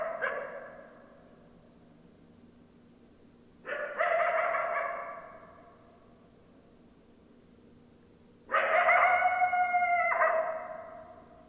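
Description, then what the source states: Coyote calls: three harmonic calls spaced several seconds apart, the last with clear steady overtones and a broken ending. Coyotes, 10 December 2012.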